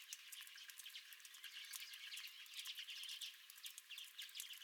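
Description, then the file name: Redpoll chatter: a steady stream of quick, high twittering notes over a hissy background, with a few sharper chips mixed in. Redpolls at a feeder. "Redpolls at My Feeder"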